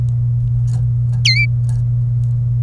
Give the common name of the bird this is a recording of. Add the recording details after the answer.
Domestic Canary. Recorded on 27 April 2018 at 12:54. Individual llb3